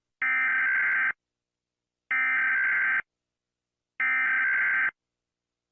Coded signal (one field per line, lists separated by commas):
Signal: Emergency Alert System (SAME) tones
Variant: header bursts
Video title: Rating EAS Alarms (Part 1)!